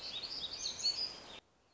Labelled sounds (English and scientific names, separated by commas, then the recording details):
Black-throated Gray Warbler (Setophaga nigrescens)
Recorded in Sonoma County, California